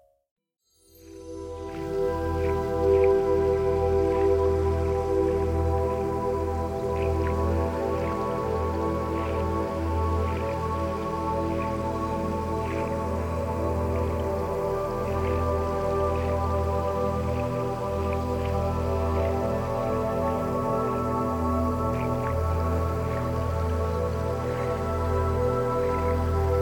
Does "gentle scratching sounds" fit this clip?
no